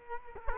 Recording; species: mosquito wingbeat signal from an infrared sensor; Culex quinquefasciatus